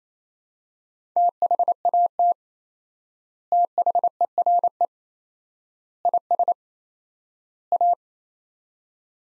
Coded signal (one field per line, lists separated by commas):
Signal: Morse code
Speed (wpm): 27 wpm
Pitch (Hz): 700 Hz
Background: none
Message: THAT THERE IS A